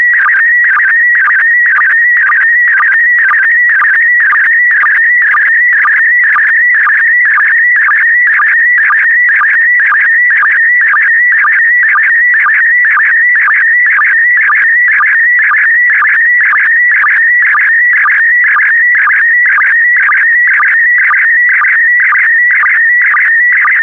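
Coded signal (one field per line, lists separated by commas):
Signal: SSTV (slow-scan television)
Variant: PD120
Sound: steady warbling, chirping tone with rhythmic low blips about twice a second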